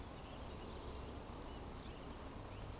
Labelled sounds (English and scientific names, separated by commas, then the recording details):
Eurasian Woodcock (Scolopax rusticola) whistle
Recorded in Baden-Württemberg, Germany, on 25 June 2020 at 20:01 UTC
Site 24578, 122 m above sea level